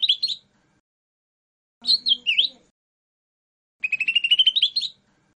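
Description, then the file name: Lesser green leafbird with short slurred whistles, a rising-falling phrase, then a rapid, rising trill of repeated buzzy notes lasting about a second. "cucak hijau mini. omkicau"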